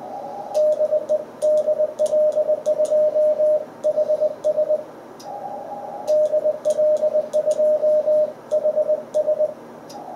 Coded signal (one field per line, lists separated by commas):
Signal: Morse code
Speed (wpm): 21 wpm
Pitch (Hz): 610 Hz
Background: radio noise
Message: DE DL2 HS DL2 HS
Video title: CW QSO with UY7LA 16 01 2022